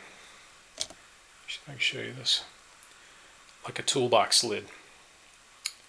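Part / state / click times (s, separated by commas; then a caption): flip-lock latch of a flat-cable connector on a monitor circuit board / seated / 5.7 s. On a Dell 2005FPW LCD monitor's circuit board, the hinged brown flip-lock flap of a flat-cable connector is pressed back down to clamp the cable. Someone talks, then the latch shuts with a single sharp click at 5.7 s and seats in place.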